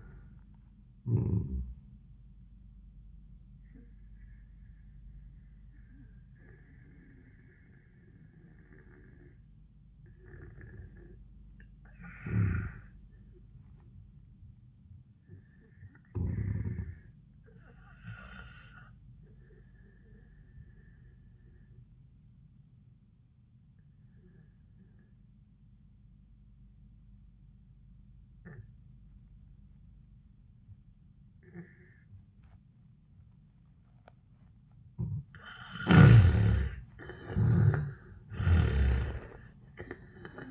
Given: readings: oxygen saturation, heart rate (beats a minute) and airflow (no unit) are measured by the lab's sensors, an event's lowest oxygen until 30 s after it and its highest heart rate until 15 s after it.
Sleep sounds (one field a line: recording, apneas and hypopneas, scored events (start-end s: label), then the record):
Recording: breathing in sleep by a smartphone at the bedside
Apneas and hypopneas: 1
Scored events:
6.00-36.30 s: obstructive apnea (N1, oxygen 97% highest, then 78% lowest, heart rate 72 at the start, 96 highest)
From the record:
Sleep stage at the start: N1 (lightest sleep)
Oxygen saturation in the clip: 82 to 97%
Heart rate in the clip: 65 to 100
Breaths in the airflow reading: 3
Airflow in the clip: -14.4 to 12.4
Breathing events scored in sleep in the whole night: 400 in 8.7 hours asleep